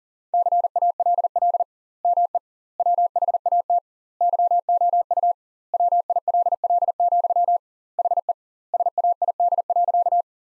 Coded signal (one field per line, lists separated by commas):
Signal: Morse code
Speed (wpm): 40 wpm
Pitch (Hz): 700 Hz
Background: none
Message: CALL ME WHAT YOU WILL, HE SAID.